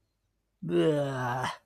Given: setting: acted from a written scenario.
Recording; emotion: vocal sound without words; disgust